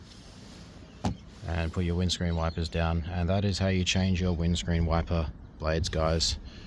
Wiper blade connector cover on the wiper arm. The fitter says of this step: up in there and then that should pop in like that and then you just click that back down